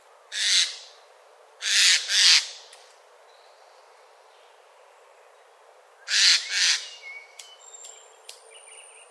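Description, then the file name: Eurasian jay calling with broad rasping screeches, single and doubled, separated by quiet gaps, while other birds add thin whistles at the end. "Garrulus glandarius"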